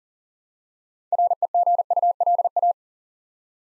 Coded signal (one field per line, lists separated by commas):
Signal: Morse code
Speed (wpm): 40 wpm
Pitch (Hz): 700 Hz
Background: none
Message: REGULA